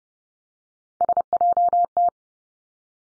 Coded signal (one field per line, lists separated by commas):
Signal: Morse code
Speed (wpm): 30 wpm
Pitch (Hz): 700 Hz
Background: none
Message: SJT